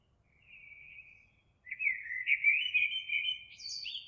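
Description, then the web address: Eurasian blackbird singing: a quiet short fluted note, a pause, then a louder rolling warble climbing into high squeaky notes at the end. Recorded 26 April 2022. "oiseaux Merle 2022 04 26"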